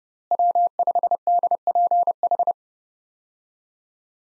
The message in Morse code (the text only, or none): W5DPH